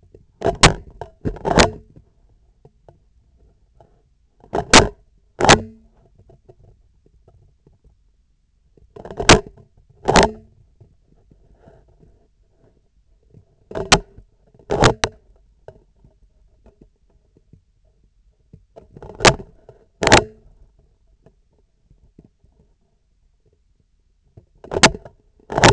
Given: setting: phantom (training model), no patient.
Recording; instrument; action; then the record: laparoscopic instrument, vibration sensor on the handle end; scissors; opening and closing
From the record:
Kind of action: tool actuation without material contact